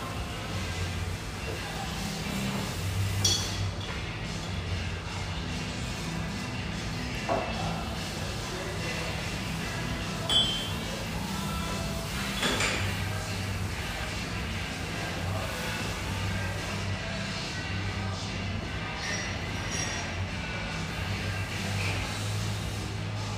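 A steady low hum fills an espresso house, with faint murmured talk and occasional soft knocks and clinks near 3, 7, 10 and 13 seconds.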